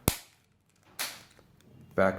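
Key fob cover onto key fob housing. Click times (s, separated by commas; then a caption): 0.1 s. The plastic cover of a 2008–2010 Chrysler 300 key fob is positioned and pressed onto the fob housing after a battery replacement, and the shell halves snap shut with one sharp click at 0.1 s. The fob is closed back together, and someone talks afterward.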